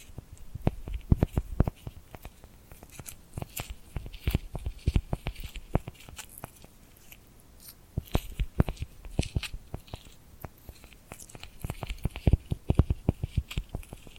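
Tingly glued hand sounds: a dense run of sharp, sticky clicks and crackles as hands press and peel apart. The snaps come in quick irregular bursts throughout, busiest around the first seconds and again near twelve seconds, with a soft hiss between them.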